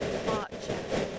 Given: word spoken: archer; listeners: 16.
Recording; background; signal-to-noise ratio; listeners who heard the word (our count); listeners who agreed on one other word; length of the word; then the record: one English word in noise, from a listening test; noise modulated by three-talker babble; -7.8 dB; 5 of 16; 7 of 16; 0.79 s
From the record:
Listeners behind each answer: 7, 5, 1, 1, 1, 1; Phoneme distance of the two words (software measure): 21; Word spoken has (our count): 2 syllables, 3 phonemes, stress on syllable 1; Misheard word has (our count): 3 syllables, 6 phonemes, stress on syllable 2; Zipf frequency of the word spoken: 3.47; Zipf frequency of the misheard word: 3.80